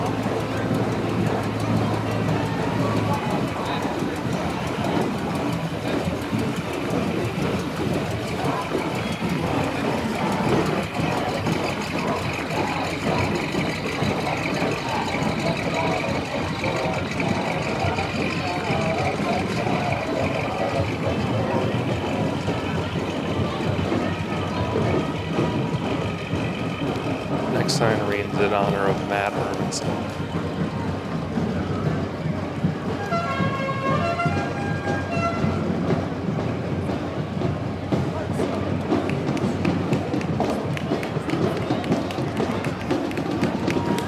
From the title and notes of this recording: Listen to the soundscape of the Memorial Day parade on College Ave in Downtown Appleton.